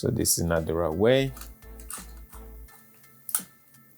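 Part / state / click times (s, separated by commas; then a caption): AC adaptor dummy battery into mirrorless camera battery compartment / seated / 3.3 s. Someone talks while turning around the plastic dummy battery coupler of a Tengdaxing DMW-AC10 AC power adaptor and pushing it into the battery compartment of a Lumix G7/G85 mirrorless camera. It latches with sharp clicks at 3.3 and 3.4 seconds, showing it is seated the right way, since it would not click if inserted the wrong way.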